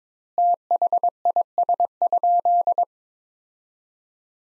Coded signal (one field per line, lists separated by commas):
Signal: Morse code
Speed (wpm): 22 wpm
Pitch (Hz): 700 Hz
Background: none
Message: THIS?